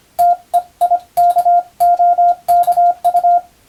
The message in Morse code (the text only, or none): TEIKOKU